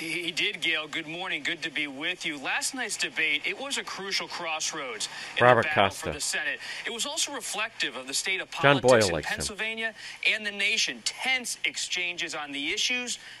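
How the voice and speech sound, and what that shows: An adult male news reporter speaks fluently in a steady broadcast style at a brisk, even pace, with only brief pauses. His articulation is clear and his voice sounds ordinary, with no hoarseness, slurring or stuttering. Ordinary adult speech.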